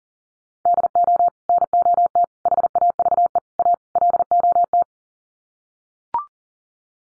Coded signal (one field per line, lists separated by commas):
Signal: Morse code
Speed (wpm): 40 wpm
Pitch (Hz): 700 Hz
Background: none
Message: DO NOT HAVE A LOT